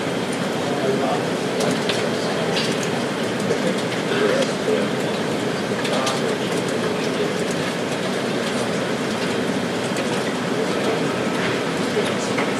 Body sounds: background sound without coughing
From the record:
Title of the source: Office Sounds Ambience - Background Noise for Study and Work

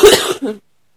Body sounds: coughing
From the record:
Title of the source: 30 Chesty and wet cough

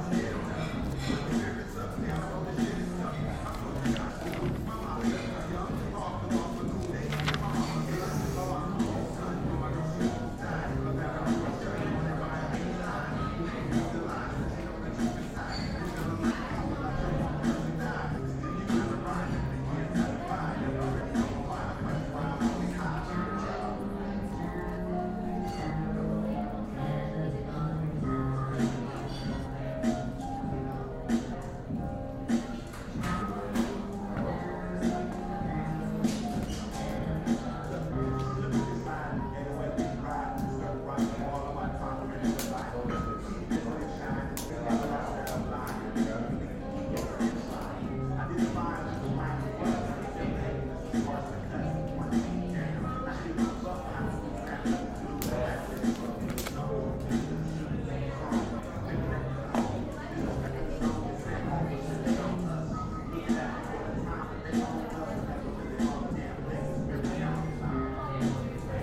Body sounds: background sound without coughing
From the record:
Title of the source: 60 minutes of coffee shop sounds for study and concentration

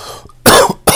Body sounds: coughing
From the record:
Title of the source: Coughing 79

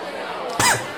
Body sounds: coughing mixed with background sound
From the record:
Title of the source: Mid-morning Winter Coughing Fit

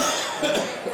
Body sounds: coughing mixed with background sound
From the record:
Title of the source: Residual Phlegmy Morning Coughing and Gagging

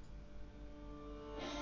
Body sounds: background sound without coughing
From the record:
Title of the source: BackgroundMusic4

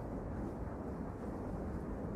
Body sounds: background sound without coughing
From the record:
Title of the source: Train Ride Ambience ambient white noise for sleeping, focus, studying, reading

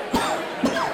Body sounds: coughing mixed with background sound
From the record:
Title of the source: Spring Allergy Coughing

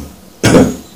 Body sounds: coughing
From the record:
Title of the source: Spring Cold Coughing.

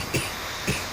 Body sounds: coughing mixed with background sound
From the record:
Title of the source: Dry Afternoon Cough

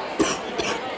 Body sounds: coughing mixed with background sound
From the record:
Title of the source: 31 night wet cough

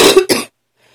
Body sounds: coughing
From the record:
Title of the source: 61 morning phlegmy cough...again

